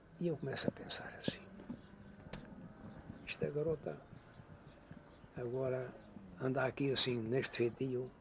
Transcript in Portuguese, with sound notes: E eu começo a pensar assim: "Esta garota [pausa] agora anda aqui assim neste feitio